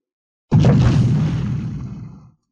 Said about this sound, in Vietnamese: Tiếng nổ mạnh từ một phương hướng khác truyền đến.